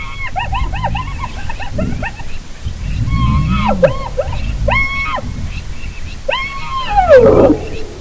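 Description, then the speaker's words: Hyena giggles in several bursts of quick, bouncing harmonic notes, with a low grumble beneath them. Giggling and contact call used to announce presence; giggles contagious, made in heightened, excited situations; low grumbling from another pack member in background. "It's a sound of a hyena giggling and a contact call, what they use to announce their presence."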